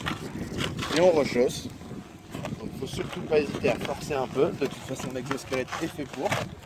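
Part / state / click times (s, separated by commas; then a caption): ski boot exoskeleton shell onto the inner boot / not seated / none. A Dahu ski boot's plastic exoskeleton shell is pushed back onto the inner boot, forced a little at the back, with a few brief handling knocks while someone talks throughout. The clip ends before the shell snaps home, so nothing has seated or clicked yet.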